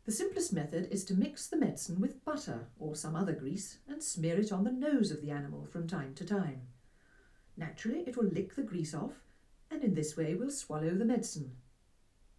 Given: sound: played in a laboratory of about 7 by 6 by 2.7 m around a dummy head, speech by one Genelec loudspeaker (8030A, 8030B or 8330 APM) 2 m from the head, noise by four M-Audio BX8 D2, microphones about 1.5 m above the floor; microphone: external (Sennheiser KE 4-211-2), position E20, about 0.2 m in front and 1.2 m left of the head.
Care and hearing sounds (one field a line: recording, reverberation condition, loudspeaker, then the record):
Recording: female speech in English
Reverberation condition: low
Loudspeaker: behind (180 degrees)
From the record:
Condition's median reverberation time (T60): about 310 ms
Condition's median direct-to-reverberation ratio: about 3.5 dB